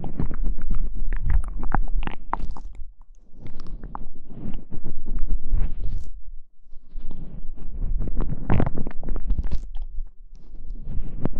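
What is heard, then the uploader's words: Mouth sounds: wet clicks, smacks and squelchy crackles pile up in dense, irregular bursts, with brief pauses around the third and sixth seconds. A low, steady rumble sits underneath throughout, and a few sharper, brighter pops stand out near the two- and eight-and-a-half-second marks. Mouth Sounds.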